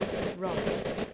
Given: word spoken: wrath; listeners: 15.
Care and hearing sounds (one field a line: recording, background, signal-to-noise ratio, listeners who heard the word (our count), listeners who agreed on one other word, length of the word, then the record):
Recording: one English word in noise, from a listening test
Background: noise modulated by three-talker babble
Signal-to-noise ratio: -7.3 dB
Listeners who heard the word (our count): 0 of 15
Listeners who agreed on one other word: 8 of 15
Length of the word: 0.74 s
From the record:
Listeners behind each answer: 8, 2, 1, 1, 1, 1, 1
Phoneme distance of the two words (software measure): 10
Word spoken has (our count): 1 syllable, 3 phonemes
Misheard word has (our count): 1 syllable, 3 phonemes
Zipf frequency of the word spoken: 3.41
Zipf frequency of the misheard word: 5.01